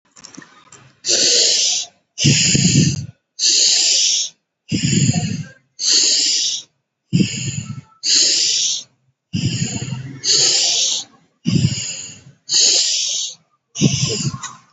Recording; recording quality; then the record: deep breathing; excellent, no background noise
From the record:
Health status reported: COVID-19 positive, mild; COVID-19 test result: positive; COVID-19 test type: RT-PCR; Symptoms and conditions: fever, fatigue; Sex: female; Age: 33 years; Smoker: no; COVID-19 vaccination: both doses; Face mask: not worn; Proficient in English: yes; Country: India